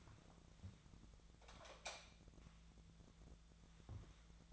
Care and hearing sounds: daily activity, microphone in the room; light on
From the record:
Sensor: 3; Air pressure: 999.9 hPa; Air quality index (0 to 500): 122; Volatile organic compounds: 2 ppm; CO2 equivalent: 1092 ppm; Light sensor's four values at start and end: 42/106/45/50 and 44/114/49/53

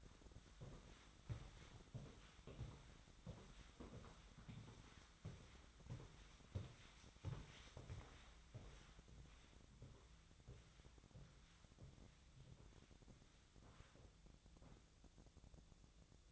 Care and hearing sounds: daily activity, microphone in the room; walk to room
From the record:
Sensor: 3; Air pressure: 1010.1 hPa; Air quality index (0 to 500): 183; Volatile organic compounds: 13 ppm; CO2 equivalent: 2391 ppm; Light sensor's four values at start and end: 42/103/45/48 and 42/104/45/49

